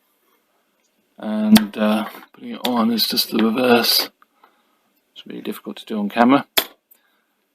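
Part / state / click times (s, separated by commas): reel table part onto its magnetic mount in a video recorder / seated / 6.9 s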